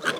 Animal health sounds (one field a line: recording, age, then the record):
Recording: pig call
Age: piglet (1 to 25 days)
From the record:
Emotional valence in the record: positive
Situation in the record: before nursing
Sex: male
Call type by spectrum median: low-frequency call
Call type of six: low-frequency tonal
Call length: 0.20 s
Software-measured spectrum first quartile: 989 Hz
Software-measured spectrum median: 1537 Hz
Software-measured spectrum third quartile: 2565 Hz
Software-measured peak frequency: 1537 Hz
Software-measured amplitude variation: 203 dB a second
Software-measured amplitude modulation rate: 12.3 a second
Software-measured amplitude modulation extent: 16.5 dB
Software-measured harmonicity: 1.4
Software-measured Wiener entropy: -1.51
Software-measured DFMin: 914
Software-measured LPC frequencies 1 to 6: 531, 1495, 2797, 3219, 3912, 5466 Hz